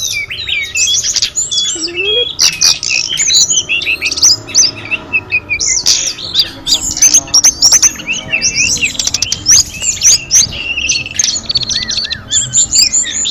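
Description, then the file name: Sunda robin song from several birds, high varied whistles, trills and sharp chirps that overlap and continue throughout. Five birds singing together in a gathering. "audio-gathering-5-ekor-tledekan"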